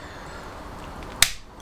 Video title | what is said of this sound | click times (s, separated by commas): Greasing the Kingpins on a Classic Fiat 500 - 126 - FD Ricambi | There we go. Nice click. | 1.2 s